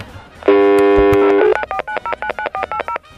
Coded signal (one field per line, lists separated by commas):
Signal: DTMF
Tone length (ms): 90 ms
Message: 949099480